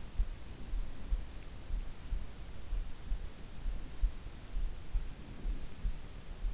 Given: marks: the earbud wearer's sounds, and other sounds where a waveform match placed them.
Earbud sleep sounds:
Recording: sounds in sleep by an in-ear microphone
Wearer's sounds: breath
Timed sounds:
4.98-5.99 s: breath

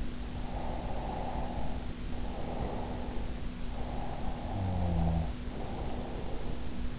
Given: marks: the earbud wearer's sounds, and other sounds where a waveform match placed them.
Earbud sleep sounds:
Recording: sounds in sleep by an in-ear microphone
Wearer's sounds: breath, snoring breath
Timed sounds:
0.26-3.57 s: breath
3.64-6.85 s: snoring breath

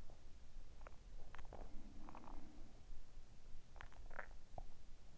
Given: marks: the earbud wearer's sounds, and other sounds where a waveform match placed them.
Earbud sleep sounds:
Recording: sounds in sleep by an in-ear microphone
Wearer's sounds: teeth grinding, swallowing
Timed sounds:
0.00-1.69 s: teeth grinding
1.44-3.50 s: sound from someone else or the room
3.65-4.93 s: swallowing

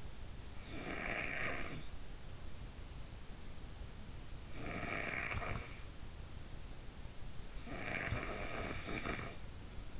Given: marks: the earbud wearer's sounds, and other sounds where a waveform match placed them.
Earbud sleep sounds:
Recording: sounds in sleep by an in-ear microphone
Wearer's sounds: snoring breath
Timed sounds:
0.00-2.39 s: snoring breath
4.39-6.62 s: snoring breath
7.25-9.99 s: snoring breath

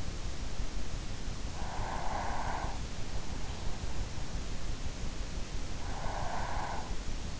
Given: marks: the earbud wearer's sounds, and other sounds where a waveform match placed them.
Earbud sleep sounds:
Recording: sounds in sleep by an in-ear microphone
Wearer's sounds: breath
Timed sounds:
1.78-3.04 s: breath
5.84-7.04 s: breath

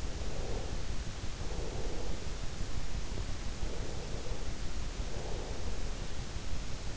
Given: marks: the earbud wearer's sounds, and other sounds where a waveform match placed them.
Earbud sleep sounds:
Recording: sounds in sleep by an in-ear microphone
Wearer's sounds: breath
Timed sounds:
0.14-2.38 s: breath
3.59-6.12 s: breath

